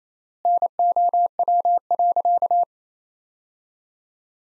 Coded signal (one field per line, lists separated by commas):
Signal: Morse code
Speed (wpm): 28 wpm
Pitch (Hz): 700 Hz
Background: none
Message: NOW.